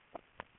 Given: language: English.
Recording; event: throat vibration sensor signal played as sound; swallow